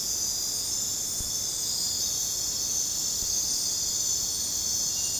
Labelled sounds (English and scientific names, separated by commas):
none